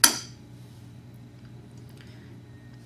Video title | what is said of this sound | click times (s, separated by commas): Rekeying a Square Spindle Lever | when you hear a snap it should be locked together | 0.0 s